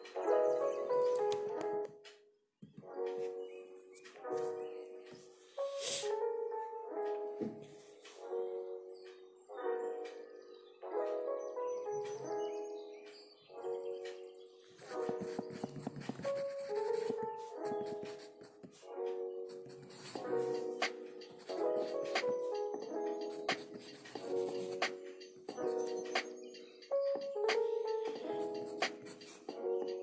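Soft piano plays a steady run of mid-range chords and melody, with brief pauses between phrases. Light scratchy pencil sounds and small taps come through often on top, and a few louder rustles, like a turning page, occur around the sixth and fifteenth seconds.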